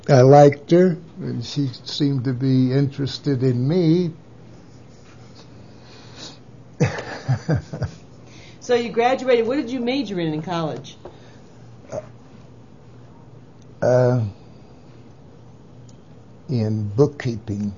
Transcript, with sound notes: I liked her and she seemed to be interested in me (laughs)
So you graduated? What did you major in --in --college?
--uh—in book keeping.